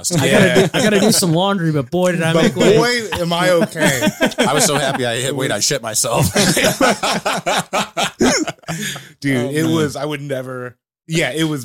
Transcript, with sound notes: Yeah, I gotta get some laundry, but boy did I make way. Boy, am I okay. I was so happy I hit weight, I shit myself. (laughing) Dude, it was, I would never, yeah, it was bad.